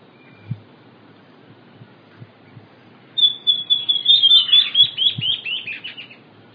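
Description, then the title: Southern Chestnut-tailed Antbird song, a high series of sharp notes that falls in pitch over about three seconds, with faint low thumps before and during it. Nominate subspecies hemimelaena. "LuckyPassaro Completos2Sama. Southern Chestnut-tailed Antbird (Myrmeciza hemimelaena hemimelaena)"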